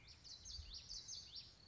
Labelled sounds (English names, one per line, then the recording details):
Common Yellowthroat
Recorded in Sonoma County, California